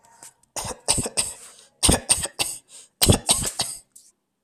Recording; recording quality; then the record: shallow voluntary cough; excellent, no background noise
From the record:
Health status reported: healthy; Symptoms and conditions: none ticked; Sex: male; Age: 25 years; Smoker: not ticked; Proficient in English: yes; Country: India